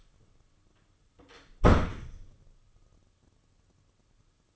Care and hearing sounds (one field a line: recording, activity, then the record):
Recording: daily activity, microphone in the room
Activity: close door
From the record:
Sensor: 4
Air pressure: 995.2 hPa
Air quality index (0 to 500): 188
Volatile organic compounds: 106 ppm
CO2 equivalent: 3796 ppm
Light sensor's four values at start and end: 27/72/28/34 and 9/21/8/10